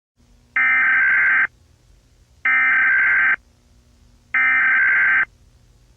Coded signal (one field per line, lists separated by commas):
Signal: Emergency Alert System (SAME) tones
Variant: header bursts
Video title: EAS | The Oceans Vengeance